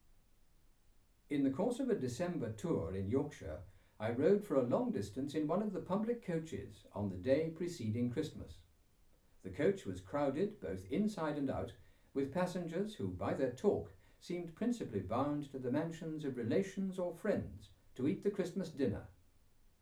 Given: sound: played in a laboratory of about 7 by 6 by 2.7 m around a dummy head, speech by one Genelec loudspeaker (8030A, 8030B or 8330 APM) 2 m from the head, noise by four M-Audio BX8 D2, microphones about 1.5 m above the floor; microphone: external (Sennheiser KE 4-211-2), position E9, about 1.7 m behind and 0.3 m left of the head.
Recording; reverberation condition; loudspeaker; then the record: male speech in English; low; 120 degrees to the right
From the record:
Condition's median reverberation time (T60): about 310 ms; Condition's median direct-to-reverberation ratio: about 3.5 dB